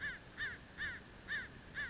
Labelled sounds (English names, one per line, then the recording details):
American Crow
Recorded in Sonoma County, California